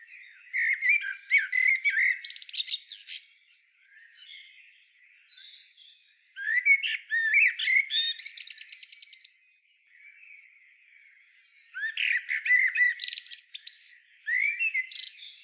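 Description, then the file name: Common blackbird calling, squeaky twittering phrases with rasping notes in three bursts, separated by quieter pauses. "Turdus merula"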